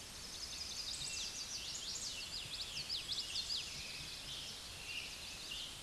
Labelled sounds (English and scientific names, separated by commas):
Common Yellowthroat (Geothlypis trichas) song